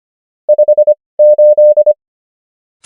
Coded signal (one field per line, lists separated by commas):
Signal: Morse code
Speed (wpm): 25 wpm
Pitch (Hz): 600 Hz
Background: none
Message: 58